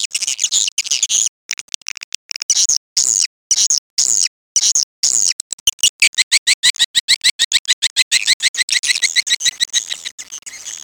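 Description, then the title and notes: Swiftlet chirping calls: dense, high twittering bursts broken by abrupt silent gaps, then a fast, steady run of sharp clicking chirps to the end. Swiftlet sound from swiftlet farming in Asia. "Swiflet Bird Sound. Farming Swiflet Bird asia sound"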